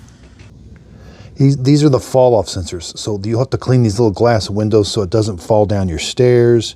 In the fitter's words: Rotate it till it clicks into place.